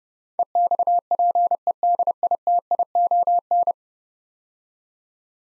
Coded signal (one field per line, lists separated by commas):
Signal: Morse code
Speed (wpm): 32 wpm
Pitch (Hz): 700 Hz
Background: none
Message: EXPEDITION